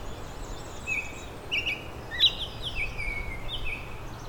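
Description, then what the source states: Baltimore Oriole song: several clear whistled notes and short slurred phrases over steady low background noise. Several different songs heard the same day.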